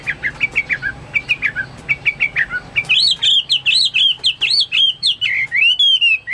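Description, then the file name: Chinese hwamei singing short repeated whistled notes, then a louder rising and falling run of slurred whistles and chirps. "omkicau hwamei"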